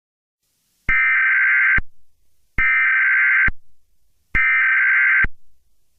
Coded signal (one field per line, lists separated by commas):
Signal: Emergency Alert System (SAME) tones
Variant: header bursts